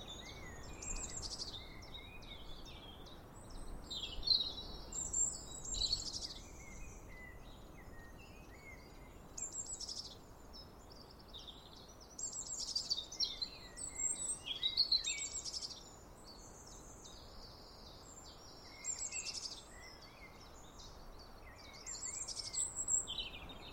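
Several birds sing high, bright phrases over a steady soft hiss of wind in the trees. The chirps and trills come in bursts every few seconds, some close and clear, others fainter and farther off, with brief quieter gaps between.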